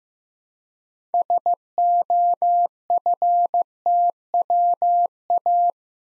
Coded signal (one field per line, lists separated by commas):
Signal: Morse code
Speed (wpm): 15 wpm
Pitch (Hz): 700 Hz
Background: none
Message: SOFTWA